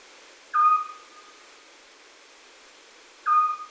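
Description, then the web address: Eurasian scops owl calling a clear, monotone whistled note, repeated once after roughly 2.7 seconds, over quiet low background noise. "chatillon hibou petit duc"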